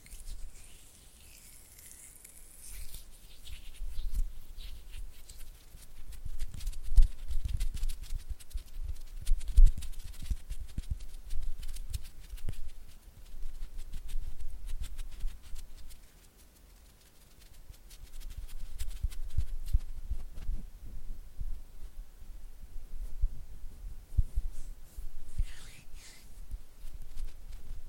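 Oily hand and flutter finger sounds: soft, wet patting and fluttering taps that come in dense, irregular bursts, mostly low and muffled. The activity fades out around 14 to 18 seconds, then resumes. A faint swishing sweep appears near the start and again around 25 seconds.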